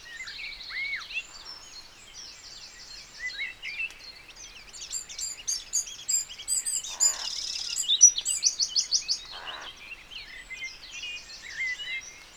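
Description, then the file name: Eurasian wren song, a fast run of high piercing notes with a buzzy trill, among other birds' whistles and a couple of short noise bursts. "Troglodytes troglodytes"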